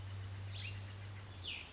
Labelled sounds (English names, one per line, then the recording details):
Cassin's Vireo
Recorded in Sonoma County, California